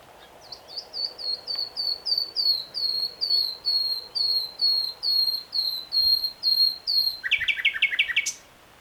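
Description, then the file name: Common nightingale song: a long series of many whistled notes, swelling in loudness, then ending in a fast buzzy rattle. "Luscinia megarhynchos"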